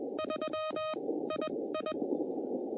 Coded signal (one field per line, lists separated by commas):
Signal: Morse code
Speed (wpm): 21 wpm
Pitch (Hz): 620 Hz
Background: none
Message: 3 II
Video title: CW POTA US-11644